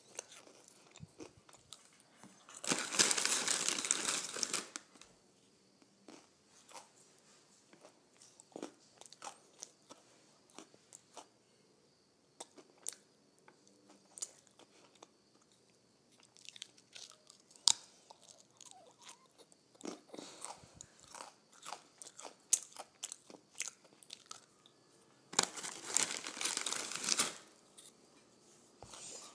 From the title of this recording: Crunching on Potato Chips